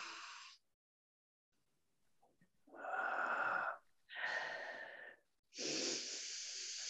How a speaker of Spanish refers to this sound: Toma una respiración, …, bien profunda, lo más profunda que puedas.